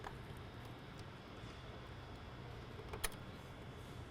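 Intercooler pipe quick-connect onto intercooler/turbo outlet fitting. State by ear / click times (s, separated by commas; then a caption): seated / 3.0 s. An S&B intercooler pipe end is shoved onto its quick-connect fitting at the intercooler/turbo outlet of a 2021-2026 Chevy Silverado 1500 / GMC Sierra 1500 3.0L, over a steady low hum. A soft knock at 2.9 s is followed by a sharp click at 3.1 s as the retaining ring snaps, and the pipe is seated.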